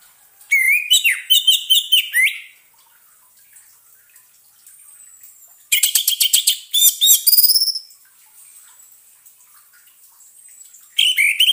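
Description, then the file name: Orange-headed thrush song, rich whistled and rapid trilled phrases in three bursts separated by pauses of a few seconds. Therapy sound to get an orange-headed thrush that has stopped singing to sing again. "terapi suara anis merah macet bunyi"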